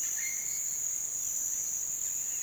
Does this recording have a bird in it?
no